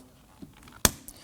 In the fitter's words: You're going to hear it and feel it snap into place.